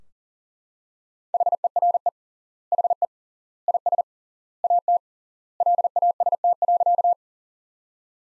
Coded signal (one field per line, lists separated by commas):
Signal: Morse code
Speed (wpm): 40 wpm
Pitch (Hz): 700 Hz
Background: none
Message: HERE HE IS AT LAST.